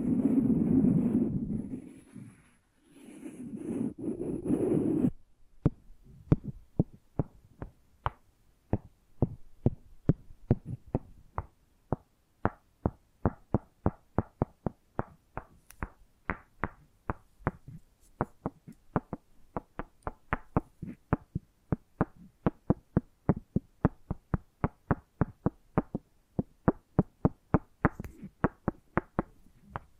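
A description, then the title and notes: ASMR triggers begin with about five seconds of soft, low rushing sound that swells, fades and swells again. Then come sharp, crisp taps or knocks, irregular but frequent, a few per second, continuing to the end over a quiet background. ASMR Hypnotizing Sensitive Triggers.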